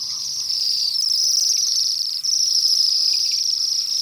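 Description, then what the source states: Bohemian Waxwing calls: many high, thin, buzzy trills blending into one continuous shimmering chorus. Winter flock of hundreds perched in the top of a poplar near apple orchards along the Columbia River; winter visitors from boreal forest nesting grounds, seeking fruit.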